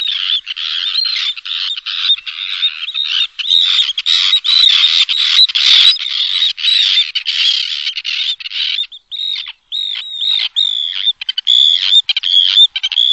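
Bird chattering at length with high, raspy notes and thin whistles, dense at first, then breaking into shorter bursts separated by brief gaps.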